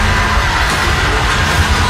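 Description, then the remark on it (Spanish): A horror-movie scream from a horror film trailer: a harsh, loud, sustained shriek that stays raw and noisy for about two seconds without a break, with no talking around it. “Es conocido por muchos nombres, pero donde quiera que vaya, los gritos suenan igual.”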